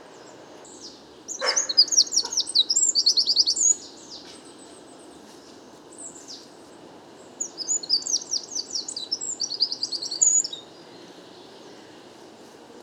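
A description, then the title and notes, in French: A chaffinch sings two bright, rattling song phrases, around 1.5–3.5 and 7.5–10.5 seconds, over a steady low hum of city noise. Bois de Vincennes. Nagra seven - Parabole Wiltronic mono. Chant de Pinson des arbres (Fringilla coelebs). Le beau temps des derniers jours incite beaucoup d'oiseaux à chanter. Le chant est un peu confus et moins puissant que le chant type.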